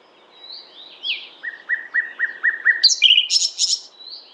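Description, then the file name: Common nightingale song: soft rising whistles, then a run of several repeated slurred notes, ending in loud harsh buzzy trills and a final whistled phrase. "Luscinia megarhynchos"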